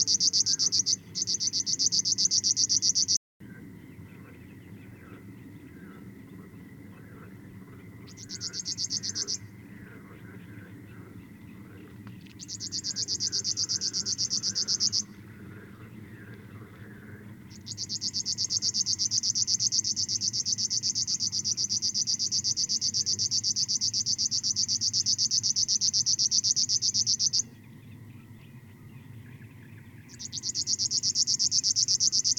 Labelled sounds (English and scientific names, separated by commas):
Thrush Nightingale (Luscinia luscinia) song